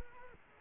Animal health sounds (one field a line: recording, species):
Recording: mosquito wingbeat signal from an infrared sensor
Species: Culex quinquefasciatus